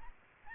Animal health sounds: mosquito wingbeat signal from an infrared sensor; Aedes albopictus

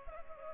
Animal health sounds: mosquito wingbeat signal from an infrared sensor; Culex pipiens

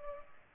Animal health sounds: mosquito wingbeat signal from an infrared sensor; Culex pipiens

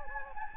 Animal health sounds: mosquito wingbeat signal from an infrared sensor; Anopheles gambiae

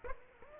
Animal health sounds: mosquito wingbeat signal from an infrared sensor; Aedes aegypti

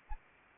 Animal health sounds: mosquito wingbeat signal from an infrared sensor; Anopheles arabiensis

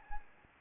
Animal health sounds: mosquito wingbeat signal from an infrared sensor; Anopheles gambiae

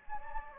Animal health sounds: mosquito wingbeat signal from an infrared sensor; Anopheles gambiae

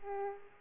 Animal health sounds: mosquito wingbeat signal from an infrared sensor; Aedes aegypti

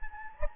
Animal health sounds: mosquito wingbeat signal from an infrared sensor; Anopheles gambiae

